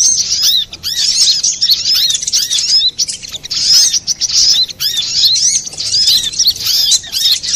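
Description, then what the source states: Little spiderhunter song, continuous high twitter of quick swept notes in overlapping phrases, with only short gaps. Master recording (masteran) for training cage birds, labelled Labaik.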